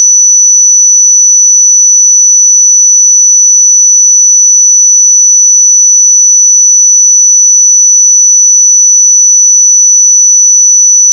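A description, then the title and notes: A pure sine tone at 5954 Hz holds perfectly steady for the full eleven seconds, a single thin, bright whistle with no wavering in pitch or loudness. Nothing else sounds behind it; the tone simply stops at the very end. 5954 Hz 1 Hz Interval Sine Pure Tone Frequency 441000 Sample Mono.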